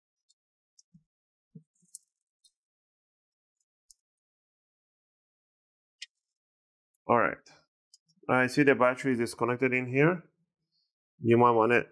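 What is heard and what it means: The plastic bottom cover of an Asus StudioBook 15 H500GV laptop is pried loose from the palm rest with an opening tool and wiggled free. Sharp clicks sound as the clips let go at about 0.3, 0.8, 2.0, 2.5, 3.9 and 6.0 seconds, and the cover comes free. Someone talks near the end.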